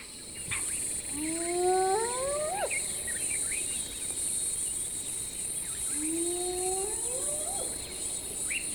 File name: Spotted Hyaena (Crocuta crocuta)